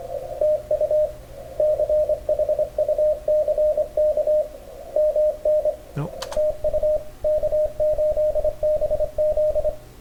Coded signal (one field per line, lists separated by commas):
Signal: Morse code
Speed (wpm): 26 wpm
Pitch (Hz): 600 Hz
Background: speech, radio noise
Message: TU CHUCK MN TU K8BZ